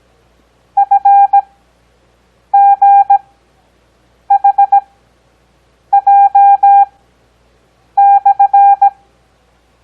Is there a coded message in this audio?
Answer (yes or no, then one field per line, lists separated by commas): yes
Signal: Morse code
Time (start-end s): 0.8-8.9 s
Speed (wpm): 17 wpm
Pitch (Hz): 800 Hz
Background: none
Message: FGHJ/